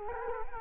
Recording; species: mosquito wingbeat signal from an infrared sensor; Culex quinquefasciatus